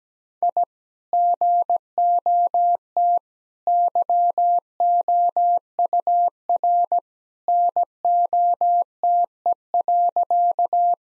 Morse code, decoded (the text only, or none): I GOT YOUR NOTE.